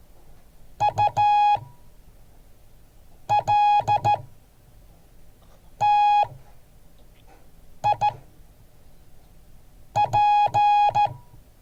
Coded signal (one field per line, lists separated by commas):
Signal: Morse code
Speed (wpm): 14 wpm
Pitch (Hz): 830 Hz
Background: none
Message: ULTIP